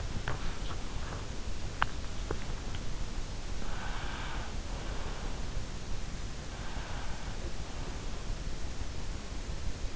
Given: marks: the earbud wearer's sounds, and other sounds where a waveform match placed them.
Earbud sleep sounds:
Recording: sounds in sleep by an in-ear microphone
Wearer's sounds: body movement, breath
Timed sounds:
0.00-2.89 s: body movement
3.54-5.97 s: breath
6.42-8.51 s: breath

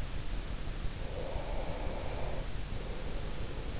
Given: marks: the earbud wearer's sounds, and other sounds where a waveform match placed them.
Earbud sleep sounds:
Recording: sounds in sleep by an in-ear microphone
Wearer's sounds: breath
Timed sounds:
0.64-3.75 s: breath

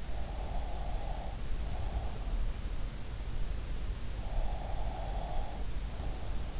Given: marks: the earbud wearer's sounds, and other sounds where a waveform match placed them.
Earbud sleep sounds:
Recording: sounds in sleep by an in-ear microphone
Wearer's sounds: breath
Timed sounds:
0.13-2.21 s: breath
4.10-6.60 s: breath

